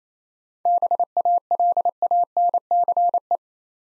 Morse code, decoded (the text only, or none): BALANCE